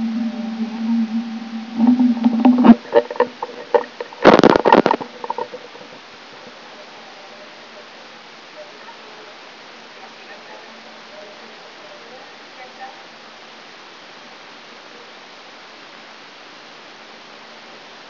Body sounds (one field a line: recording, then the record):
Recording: brain microelectrode recording played as sound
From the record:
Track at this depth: inside the subthalamic nucleus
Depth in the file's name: 2.149 mm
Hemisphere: right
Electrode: 3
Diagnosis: Parkinson's disease